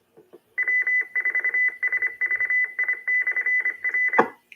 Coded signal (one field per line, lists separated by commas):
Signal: Morse code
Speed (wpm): 25 wpm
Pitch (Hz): 2000 Hz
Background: none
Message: W4SVI/R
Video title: Everglades Amateur Radio Club Net